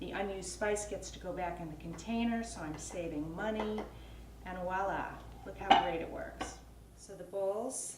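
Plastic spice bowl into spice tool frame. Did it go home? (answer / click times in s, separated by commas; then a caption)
no / none. A small plastic spice bowl is handled near a kitchen spice-tool frame while someone talks, with light clinks of dishes and utensils in the background. The bowl has not yet snapped into the holder, so nothing has seated or clicked.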